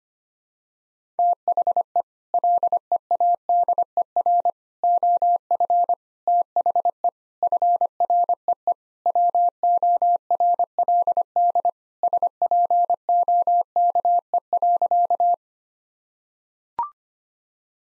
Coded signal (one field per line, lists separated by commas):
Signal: Morse code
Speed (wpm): 25 wpm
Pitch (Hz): 700 Hz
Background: none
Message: THE LEADER OF THE FREE WORLD SPOKE.